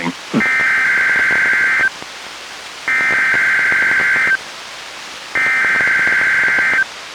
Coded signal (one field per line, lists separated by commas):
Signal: Emergency Alert System (SAME) tones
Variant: header bursts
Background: speech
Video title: EAS #594: NWR Required Weekly Test- Dec. 29, 2021- 12:02PM PST